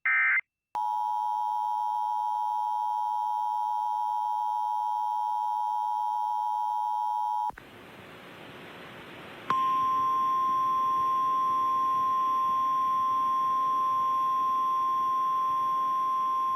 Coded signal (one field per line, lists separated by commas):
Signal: Emergency Alert System (SAME) tones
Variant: 853 and 960 Hz attention tone